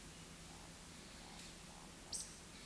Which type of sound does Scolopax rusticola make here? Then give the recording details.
whistle, croak. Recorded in Baden-Württemberg, Germany, on 16 June 2021 at 20:05 UTC. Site 18672, 474 m above sea level